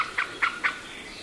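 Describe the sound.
Eurasian jay uttering three short, nasal notes spaced evenly about a quarter second apart against a soft hiss.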